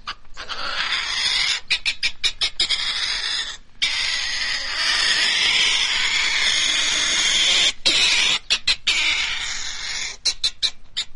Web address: european pine marten